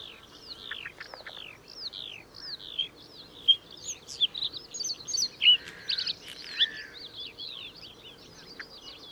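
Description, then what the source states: Bluethroat song, a rapid varied series of high descending slurred whistles and sharp chirps, some notes repeated, with brief buzzy phrases later on. Recorded at Schurrsee on 13 April 2014.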